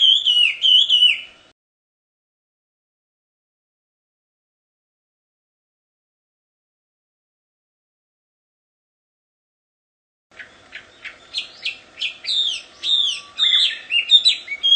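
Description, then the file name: Chinese hwamei song, a brief burst of rich whistled notes, then about nine seconds of silence before a fast run of varied, chattering phrases resumes. Wild bird singing in its natural habitat. "audio kicauan burung hwamei di alam liar. omkicau"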